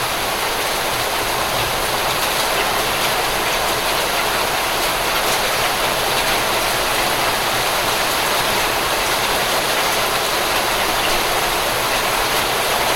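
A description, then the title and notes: A heavy downpour roars steadily and densely for the whole stretch, a constant bright hiss from the mid range to the top with no pauses. Fine crackling patter rides on the wash, and a faint low hum sits underneath. Heavy summer downpour sound effect. Hailstorm sounds.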